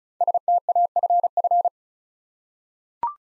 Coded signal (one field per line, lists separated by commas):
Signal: Morse code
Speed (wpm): 36 wpm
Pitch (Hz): 700 Hz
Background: none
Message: STAFF